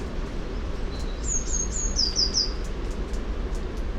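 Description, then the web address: Eurasian blue tit gives one song phrase: a few very high thin notes followed by a fast, slightly lower trill, with low background rumble. "SETE data Cyanistes caeruleus"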